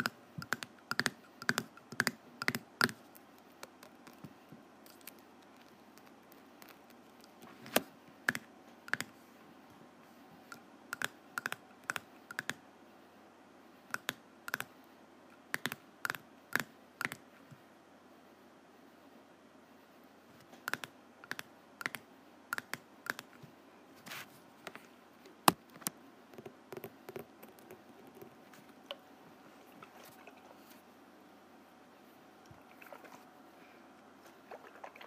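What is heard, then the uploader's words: A snow globe is shaken in short bursts, each a quick run of sharp, dry clicks and taps, with quiet pauses of a few seconds between them. A faint steady hum and a thin, constant tone sit underneath throughout. ASMR Snow Globe Shaking.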